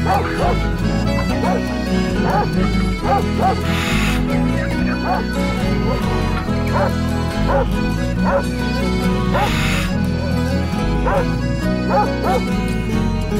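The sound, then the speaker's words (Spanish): Two large dogs bark and yip repeatedly in short bursts over a steady, bass-heavy musical backing that keeps playing throughout. “Pues vio que con cara de pocos amigos, dos perros grandotes ladraban.”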